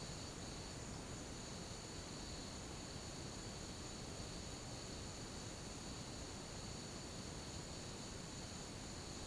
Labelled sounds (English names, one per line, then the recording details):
none
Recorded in pastures near Puerto Asís, Putumayo, Colombia, on 13 March 2025 at 13:30
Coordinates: 0.486, -76.323
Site G075